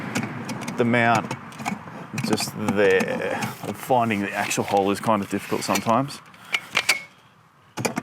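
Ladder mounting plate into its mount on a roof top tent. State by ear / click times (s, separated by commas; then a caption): seated / 6.9 s. Someone talks while sliding the metal mounting plate of a roof top tent ladder onto its mount on an 80 Series Landcruiser, fiddling to find the hole. A few sharp metallic knocks build to a click at 6.9 s as the plate locks in place, followed by a brief quiet and more sharp knocks near the end.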